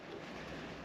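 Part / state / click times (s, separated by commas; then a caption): other end of air hose into push-fit connector on plasma cutter / not seated / none. The other end of an air hose is handled at a push-to-connect fitting on a plasma cutter, heard as a steady, broadband rushing noise with no distinct hits. Nothing has seated or clicked yet.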